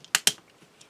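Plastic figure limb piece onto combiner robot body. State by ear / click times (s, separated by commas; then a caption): seated / 0.2 s, 0.3 s. A plastic limb piece of a transforming robot figure has its plastic pins lined up with slots on the combiner robot body and is pushed on. Two sharp plastic snaps ring out at about 0.2 and 0.3 seconds, with faint small ticks before and after. The piece snaps into the slots and is seated.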